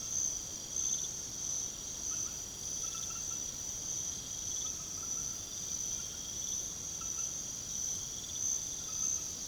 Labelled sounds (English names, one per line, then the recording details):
none
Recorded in pastures near Puerto Asís, Putumayo, Colombia, on 9 March 2025 at 23:30
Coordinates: 0.486, -76.323
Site G075